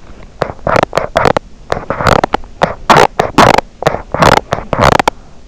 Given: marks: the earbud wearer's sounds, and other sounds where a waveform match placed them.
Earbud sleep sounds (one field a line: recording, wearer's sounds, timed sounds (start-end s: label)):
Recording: sounds in sleep by an in-ear microphone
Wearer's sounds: body movement, teeth grinding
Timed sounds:
0.00-0.31 s: body movement
0.36-1.45 s: teeth grinding
1.64-2.47 s: teeth grinding
2.54-3.67 s: teeth grinding
3.79-5.20 s: teeth grinding